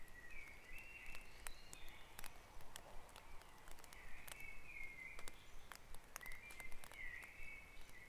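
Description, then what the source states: Birds singing: thin whistled phrases, with sharp clicks and low background noise throughout. Dawn chorus recorded at Back Dragon Avenue, Harrogate, as part of a sound map of Harrogate.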